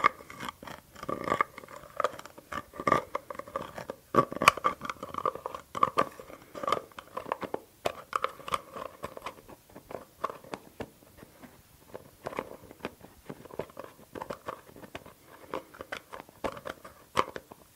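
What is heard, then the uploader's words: Dense tapping and clicking on a glass dropper bottle and its lid, with quick sharp taps coming several times a second throughout. Some taps carry a light ringing tone in the middle range, heaviest in the first ten seconds. ASMR 30 Mins of Glass Dropper Bottle & Lid Sounds for Tingles - tapping, no talking.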